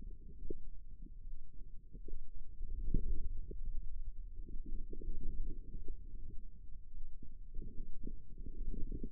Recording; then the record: forearm muscle sounds (acoustic myography)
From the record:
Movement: radial deviation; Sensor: system 2, bracelet of six BSWA MPA416 microphones around the upper forearm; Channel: 1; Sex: female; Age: 25 years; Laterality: right